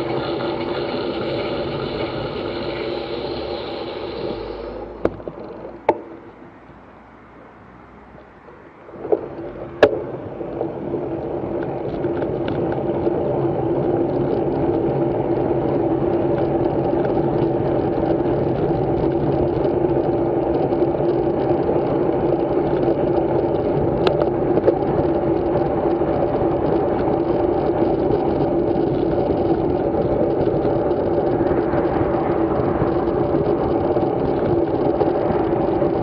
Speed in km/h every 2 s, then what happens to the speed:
3, 0, 6, 7, 17, 22, 26, 28, 28, 28, 32, 33, 37, 38, 36, 35, 34, 32.
1-3 standing. 3-13 pulls away to 28. 13-18 steady at about 28. 18-23 speeds up to 37. 23-36 steady at about 35.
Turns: none.